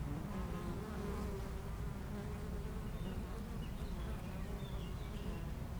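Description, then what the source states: Honey bees keep up a low, steady buzzing drone with passing wingbeats; a few faint bird notes sound high above. Foraging honey bees flying back and forth to flowers between two hives at a garden apiary in Aix-les-Bains, France; some birds in the nearby woods.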